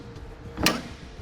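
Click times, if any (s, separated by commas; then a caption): 0.7 s. On a 2016 Chevrolet Silverado 1500, the header latch of a TruXedo Lo Pro soft roll-up tonneau cover is pushed up from underneath the truck bed rail. A short rising push leads into a sharp click at 0.6 seconds as the latch clicks into position and locks under the rail, and the latch is seated.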